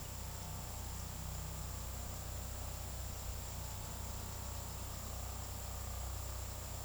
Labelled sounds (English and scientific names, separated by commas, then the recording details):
none
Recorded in pastures near Puerto Asís, Putumayo, Colombia, on 21 February 2024 at 16:00
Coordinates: 0.486, -76.323
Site G6462